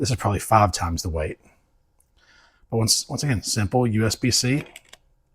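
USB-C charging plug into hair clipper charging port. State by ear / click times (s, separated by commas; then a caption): seated / 4.9 s. A USB-C charging cable is pushed into the port of a new Andis hair clipper or its charging stand while someone talks. The plug snaps into the port and seats, with a single sharp tick at 4.9 s.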